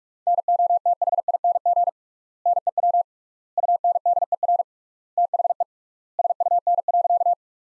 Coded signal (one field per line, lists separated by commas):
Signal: Morse code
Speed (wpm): 47 wpm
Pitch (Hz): 700 Hz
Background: none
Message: NOTHING NEW UNDER THE SUN.